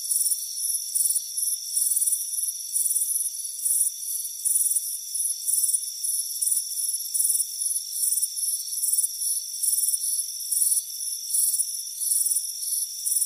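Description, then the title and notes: Rapid shrill cricket chirps follow one another about three times a second, slightly irregular, above an unbroken high insect whine. Crickets chirping on a warm afternoon on a front porch. "Soothing Crickets Chirping Sound. It's a warm afternoon as you relax in a hammock on the front porch. Relax and fall asleep to the soothing sound of chirping crickets. Deep Sleep Sounds"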